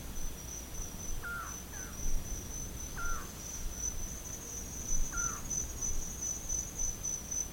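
Bird calls: short, clear downslurred notes, some doubled, repeated at irregular intervals, over a continuous high, thin insect whine.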